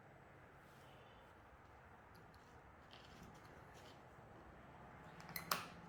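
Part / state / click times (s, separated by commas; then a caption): steering wheel control button into its plastic housing / seated / 5.4 s, 5.5 s. A plastic steering wheel control button assembly is pressed into its plastic holder while being refitted during a blue LED upgrade. After a quiet stretch with a faint tick near 2.9 s, sharp snaps at 5.4 s and 5.5 s mark the button seating in its housing.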